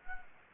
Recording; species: mosquito wingbeat signal from an infrared sensor; Anopheles gambiae